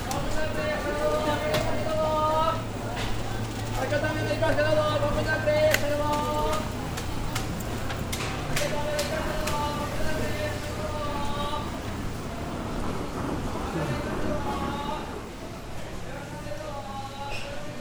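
Nishiki Market in Kyoto: a steady crowd of overlapping voices with a low hum beneath, sharp clicks and clatters scattered throughout.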